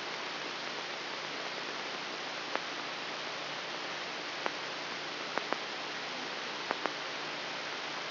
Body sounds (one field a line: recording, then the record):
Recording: brain microelectrode recording played as sound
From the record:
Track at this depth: inside the subthalamic nucleus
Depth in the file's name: 4.507 mm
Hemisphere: left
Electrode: 3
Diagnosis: Parkinson's disease